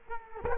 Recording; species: mosquito wingbeat signal from an infrared sensor; Culex quinquefasciatus